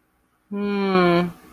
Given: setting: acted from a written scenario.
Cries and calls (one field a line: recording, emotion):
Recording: vocal sound without words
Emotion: disappointment